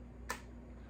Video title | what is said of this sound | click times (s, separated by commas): NAIL ADDICT LA REVIEW / COACH SEPHORA COLLAB UNBOXING / UNI FACE PALETTE / EYESHADOW PALETTE MAKEUP | i love that there's a click listen for the click when it closes | 0.3 s